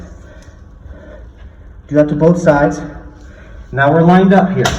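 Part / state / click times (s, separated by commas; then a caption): sliding door bottom wheel into floor track / not seated / none. A sliding closet door's bottom wheel is set onto the floor track and lined up, but it has not snapped or clicked in yet. After a quiet low hum for about two seconds, someone talks in two bursts, with no distinct click in the clip.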